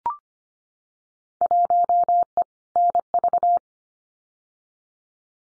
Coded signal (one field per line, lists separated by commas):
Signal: Morse code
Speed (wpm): 25 wpm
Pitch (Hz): 700 Hz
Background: none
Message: 1E NV